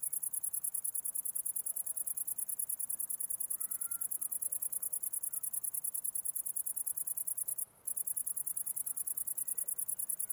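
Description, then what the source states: Cricket trilling steadily in high rapid pulses with one brief gap about three-quarters through. Recorded 11 August 2009.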